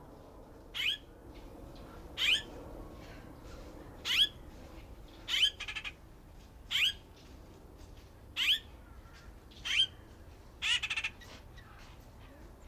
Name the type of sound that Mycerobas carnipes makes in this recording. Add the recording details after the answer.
call. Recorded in captivity. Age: adult. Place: Tierpark Berlin, Berlin, DE. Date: 1992-10-31 14:00. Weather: heiter, 6°C. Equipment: Marantz CP 430, Sennheiser ME 80, Kopie Tesla B 116. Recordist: Tembrock, Günter